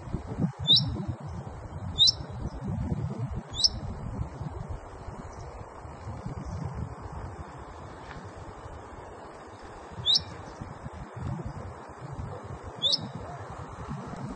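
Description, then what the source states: Common chaffinch calling with brief, bright, high-pitched notes, a few close together, then a long pause before two more, over steady low background rumble. Female.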